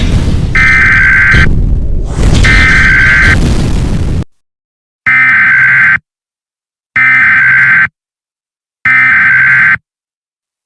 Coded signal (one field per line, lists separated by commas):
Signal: Emergency Alert System (SAME) tones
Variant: header bursts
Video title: EAS Scenario Story-A Varied Horror